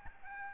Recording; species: mosquito wingbeat signal from an infrared sensor; Aedes albopictus